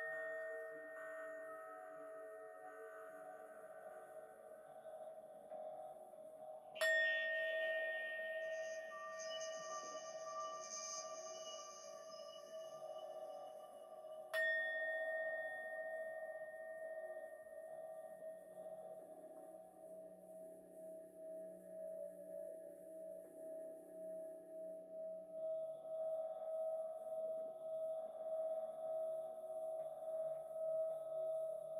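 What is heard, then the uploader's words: MIDI and bowl sounds: a steady ringing tone holds throughout, with softer overtones shimmering above it. Two sharp struck hits, near 7 and 14 seconds, set off bright ringing partials that slowly fade. A low hum wavers underneath, briefly swelling around 20 seconds. MIDI and BOWL sounds 7 mins per chakra.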